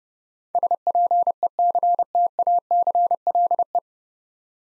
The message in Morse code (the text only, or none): SPECTACLE